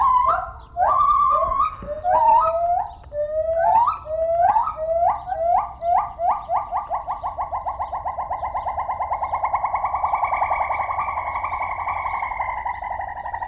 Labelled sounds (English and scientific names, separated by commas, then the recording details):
Lar Gibbon (Hylobates lar)
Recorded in captivity
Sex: diverse
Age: adult
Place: Zoo Rostock, Mecklenburg-Vorpommern, DE
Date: 1970-06-03 13:53
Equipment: Uher 4200 Report Stereo, Sennheiser MD 421
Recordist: Tembrock, Günter